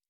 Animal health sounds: hydrophone in a shrimp aquaculture tank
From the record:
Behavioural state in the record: normal

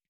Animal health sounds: hydrophone in a shrimp aquaculture tank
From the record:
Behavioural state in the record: stressed

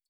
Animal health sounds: hydrophone in a shrimp aquaculture tank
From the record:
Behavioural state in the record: feeding

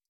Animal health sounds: hydrophone in a shrimp aquaculture tank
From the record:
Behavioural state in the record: stressed

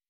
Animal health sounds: hydrophone in a shrimp aquaculture tank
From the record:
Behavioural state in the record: weakened

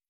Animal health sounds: hydrophone in a shrimp aquaculture tank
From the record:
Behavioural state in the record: feeding

